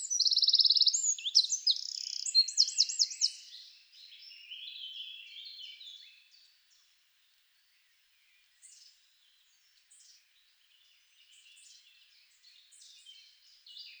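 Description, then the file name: Eurasian wren singing a loud, very high outburst opening with fast buzzy trills, fading after about four seconds into softer twittering and sparse, quiet high notes. "Troglodytes troglodytes"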